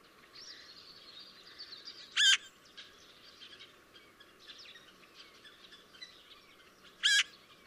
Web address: chant xeno-canto pie bavarde